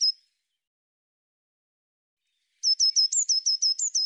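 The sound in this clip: Eurasian blue tit calling: one thin high note, a silent gap, then a rapid series of high, sharp notes with a few upslurred ones.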